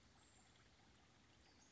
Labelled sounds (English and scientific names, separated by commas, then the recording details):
Western Flycatcher (Empidonax difficilis)
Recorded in Sonoma County, California